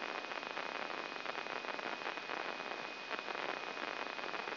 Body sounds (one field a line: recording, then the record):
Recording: brain microelectrode recording played as sound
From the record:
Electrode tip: inside the subthalamic nucleus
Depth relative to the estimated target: 1 mm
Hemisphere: right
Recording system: AlphaMap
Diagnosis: Parkinson's disease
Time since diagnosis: 16 years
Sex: male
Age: 60 years